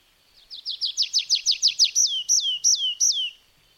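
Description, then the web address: Bird song: a fast run of clipped high notes building in strength, then four spaced hooked whistles that drop in pitch at the end. "madarak enek"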